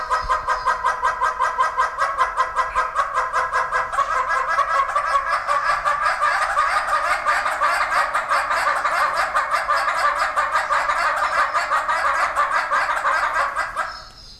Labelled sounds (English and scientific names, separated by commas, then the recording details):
Northern Red-billed Hornbill (Tockus erythrorhynchus) duetting
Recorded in captivity
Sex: pair
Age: adult
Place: Zoo Berlin, Berlin, DE
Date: 1997-08-28 12:51
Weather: 22-28°C, sonnig
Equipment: Sony MD-WM MZ-R3, Sennheiser ME 80, K 30 AV, Kopie Uher 4000 Report Monitor
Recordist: Tembrock, Günter
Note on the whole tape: Paar-Rufen (Entfernung 1,5 m)